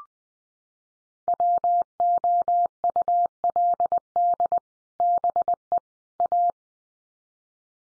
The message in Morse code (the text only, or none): WOULD BE A